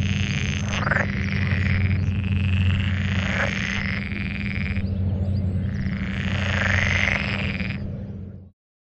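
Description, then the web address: Pool frogs in a chorus of rattling croaks that swell and ease in waves, ending abruptly in silence. Frogs calling on a moor. "kleinerwasserfrosch. rufen jetzt die froesche im taevsmoor"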